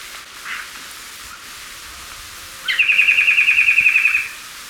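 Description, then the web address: Rufous antpitta giving a fast, even series of clipped whistled notes lasting about one and a half seconds, after a faint brief chirp earlier. Ecuador. "Birds of Ecuador 2. Rufous Antpitta"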